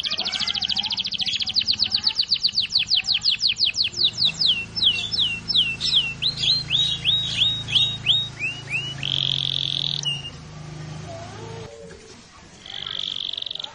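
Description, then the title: Canary song with a rapid trill that slows into separate downslurred chirps, then a buzzy flat note, a pause, and another buzzy note; low background hum. Long roll song, used for training birds. "Master Burung Jos. Kenari ngerol panjang"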